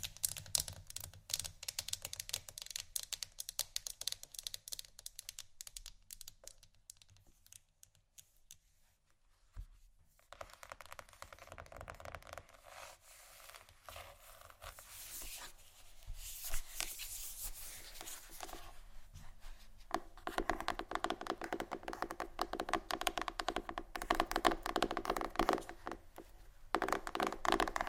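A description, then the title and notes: Fast, dense tapping on wood and other hard surfaces, quieter early with a near-silent pause around nine seconds, then louder, brighter bursts. ASMR Fast Tapping ( Wood, Book, Metal, Etc. ) No Talking.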